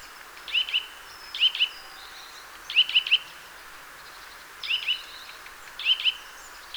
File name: Sitta europaea